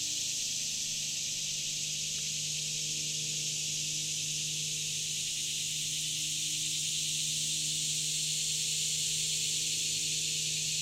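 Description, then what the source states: Dense insect chorus, a continuous high hiss-like drone without pause, over a faint low hum. Summer insect chorus recorded in July 2017 in Shawnee National Forest.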